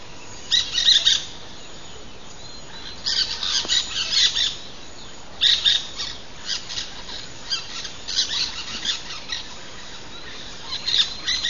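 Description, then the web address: Aztec parakeet uttering rasping, high squawks in short groups separated by brief pauses, harsh chatter recurring throughout over low hiss. Recorded in Belize. "belize birds birdsongs aztec-parakeet"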